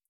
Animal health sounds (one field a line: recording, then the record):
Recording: hydrophone in a shrimp aquaculture tank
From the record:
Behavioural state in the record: feeding